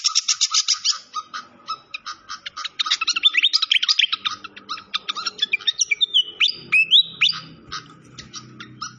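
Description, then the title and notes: Malaysian pied fantail song, a fast run of sharp chirps and twittering notes, then rising and falling whistled slurs. Clear-voiced song from a masteran (training) recording. "Masteran Sikatan Kipas Suara Jernih Dan Suara Gemericik Air. Suara Burung Sikatan Londo"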